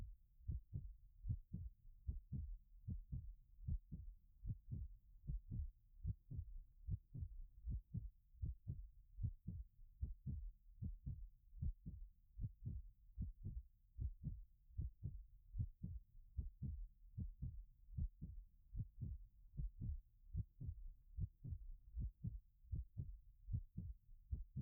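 A steady heartbeat at about 76 beats per minute, each beat a soft, low 'toku-toku' thump.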